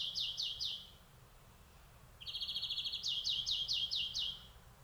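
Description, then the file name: European greenfinch calls: three quick chirps, a pause, then a rapid twittering trill that breaks into a series of strong chirping notes. "Chloris chloris"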